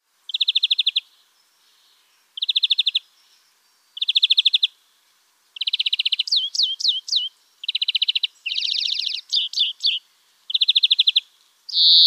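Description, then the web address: European greenfinch song: bright rapid trills repeated with short gaps, interspersed with quick falling twittered whistles. "wer zitschert denn da gruenfink"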